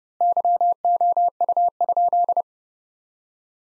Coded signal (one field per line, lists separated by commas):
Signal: Morse code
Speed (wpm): 30 wpm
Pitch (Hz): 700 Hz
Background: none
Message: YOU?